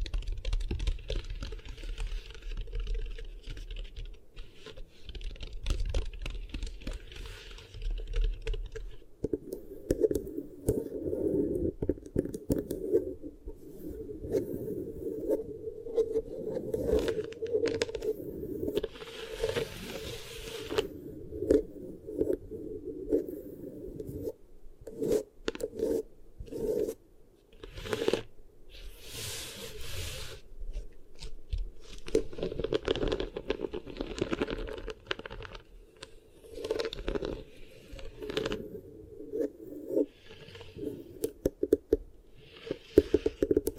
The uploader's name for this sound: Really Nice Beeswax Ear Triggers